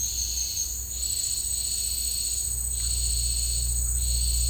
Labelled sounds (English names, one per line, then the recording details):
none
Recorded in dense forest near Puerto Asís, Putumayo, Colombia, on 21 March 2025 at 11:00
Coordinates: 0.485, -76.318
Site G056